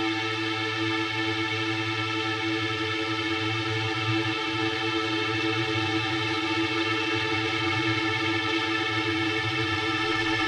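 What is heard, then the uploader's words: A drone hums steadily with a whining, many-toned buzz and a low throbbing rumble underneath, holding the same pitch and loudness throughout. Drone.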